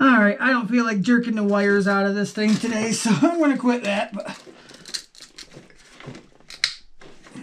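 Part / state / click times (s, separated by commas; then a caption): plastic component pressed into its mount on an RC truck chassis / seated / 6.6 s. Someone talks while wiring up an HPI Savage Flux RC truck, then presses a plastic part into its mount on the chassis, with a few soft handling clicks. One sharp, loud snap at 6.6 s marks the part popping in and seating nice and tight.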